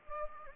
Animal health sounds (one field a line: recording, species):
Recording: mosquito wingbeat signal from an infrared sensor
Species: Anopheles gambiae